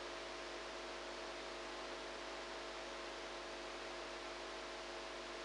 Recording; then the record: brain microelectrode recording played as sound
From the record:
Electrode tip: outside the subthalamic nucleus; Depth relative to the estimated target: -4 mm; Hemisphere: right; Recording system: NeuroSet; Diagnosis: Parkinson's disease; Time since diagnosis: 8 years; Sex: female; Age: 45 years